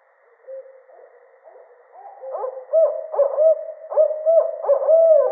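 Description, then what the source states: Barred owl hooting, soft hoots building into loud, rhythmic, slurred hoots toward the end. Recorded 13 October 2010.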